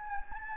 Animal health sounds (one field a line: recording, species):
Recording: mosquito wingbeat signal from an infrared sensor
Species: Anopheles gambiae